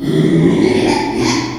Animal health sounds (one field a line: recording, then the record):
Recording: squeal of a Yucatan mini pig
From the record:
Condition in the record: after surgery on the right vocal fold (resection and tissue-engineered implant)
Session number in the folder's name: 2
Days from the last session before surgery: 13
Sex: male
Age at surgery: 12 weeks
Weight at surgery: 13 kg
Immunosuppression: cyclosporine, prednisolone